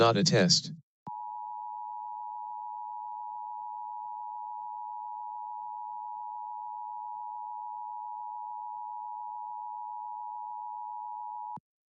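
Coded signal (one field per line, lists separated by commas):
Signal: Emergency Alert System (SAME) tones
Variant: 853 and 960 Hz attention tone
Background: speech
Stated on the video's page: Heard during a special DX test by an AM station on 1170 kHz, received on a Perseus SDR.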